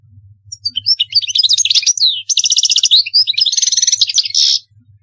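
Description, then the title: European goldfinch delivers a long, fast, varied twitter with rolling trills and sharp buzzy notes, finishing in a harsh wheezy burst. "Chant Chardonneret"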